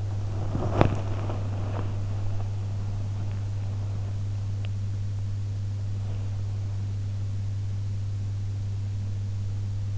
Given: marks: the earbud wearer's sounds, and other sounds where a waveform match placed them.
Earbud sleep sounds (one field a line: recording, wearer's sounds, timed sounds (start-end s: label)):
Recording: sounds in sleep by an in-ear microphone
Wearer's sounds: body movement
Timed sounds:
0.00-2.00 s: body movement